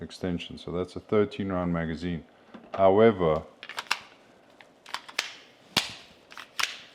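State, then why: Not seated. Someone talks, then a Canik 12-round pistol magazine fitted with a plus-five extension is pushed several times into the magazine well of a shorter pistol frame, making a series of sharp knocks from about 3.8 to 6.6 seconds. The extended magazine does not click in, and nothing has seated.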